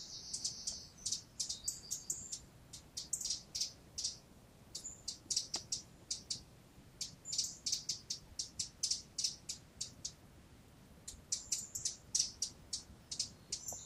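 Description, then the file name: Eurasian wren producing rapid, dry ticking calls in irregular bursts, some run together into rattles, with a soft noisy background. "Troglodytes troglodytes"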